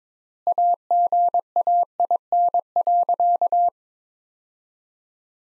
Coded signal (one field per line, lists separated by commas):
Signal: Morse code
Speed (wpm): 22 wpm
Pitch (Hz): 700 Hz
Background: none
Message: AGAIN.